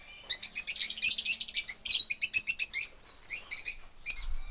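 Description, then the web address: Birds chirping: rapid bursts of high, sharp chirps in quick runs, pausing briefly before starting again. Birds in jungle. "best service Blue Box birds birds jungle"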